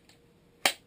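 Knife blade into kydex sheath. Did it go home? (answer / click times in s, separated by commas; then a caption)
yes / 0.7 s. A knife blade is pushed into a molded kydex sheath and snaps past the retention, seating with a single sharp, bright click at 0.7 s. A faint soft sound comes before it at 0.1 s, and the rest of the clip is quiet. This forceful insertion clicks, while a careful insertion can be silent.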